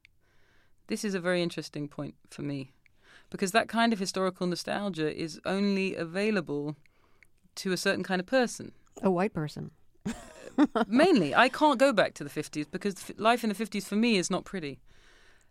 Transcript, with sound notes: This is a very interesting point for me because that kind of historical nostalgia is only available to a certain kind of person.
A white person (laughter).
Mainly. I can't go back to the '50s because life in the '50s for me is not pretty